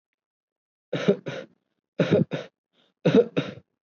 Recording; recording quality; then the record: shallow voluntary cough; excellent, no background noise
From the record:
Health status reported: COVID-19 positive, mild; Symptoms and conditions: none ticked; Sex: male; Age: 23 years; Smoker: not ticked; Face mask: not worn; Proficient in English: yes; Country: India